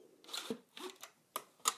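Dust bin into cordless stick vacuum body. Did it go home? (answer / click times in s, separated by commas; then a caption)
no / none. Someone works the bin eject on a Dyson cordless stick vacuum and handles its plastic dust bin, making brief rustling, scraping plastic bursts with sharp ticks at about 1.4 s and 1.7 s. The clip ends before the bin is pushed home, so nothing has seated or clicked into place yet.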